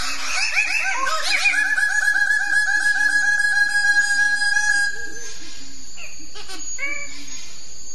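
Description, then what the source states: Bird-of-paradise calls: a rapid run of nasal, harmonic notes for several seconds, then scattered sharper notes, over a steady low hum. Master song used for training songbirds.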